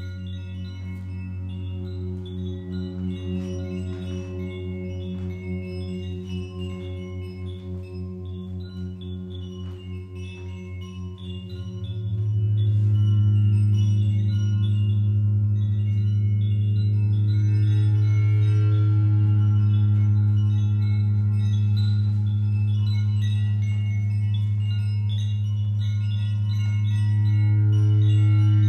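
Gongs and bells ring in a dense, sustained wash of overlapping tones, with low humming drones and shimmering high overtones. Around twelve seconds a deep gong swell rises and the sound grows louder and fuller, holding steady to the end with faint chime strikes above.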